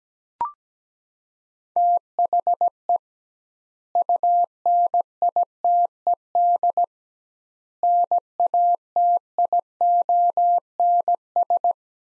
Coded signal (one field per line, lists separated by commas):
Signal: Morse code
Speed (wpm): 17 wpm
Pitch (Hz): 700 Hz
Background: none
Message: THE UNITED NATIONS